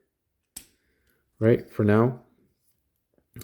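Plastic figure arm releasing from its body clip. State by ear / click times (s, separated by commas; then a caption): released / 0.6 s. A plastic arm on a Transformers Legacy Evolution War Dawn two-pack action figure is folded and breaks loose from its holding clip on the body. A sharp click is heard at 0.6 s, someone talks, and a short sharp hit follows near the end, leaving the arm released.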